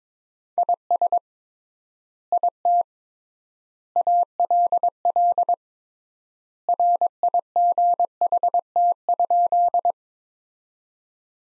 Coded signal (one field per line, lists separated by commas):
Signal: Morse code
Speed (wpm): 22 wpm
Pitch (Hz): 700 Hz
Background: none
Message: IS IT ALL RIGHT?